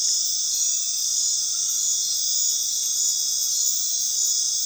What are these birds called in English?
none